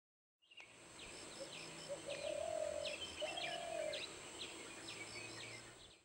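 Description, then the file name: Spotted dove giving two soft, low cooing notes, while other birds chirp higher and a thin, steady high whine runs throughout. "Spotted Dove calling"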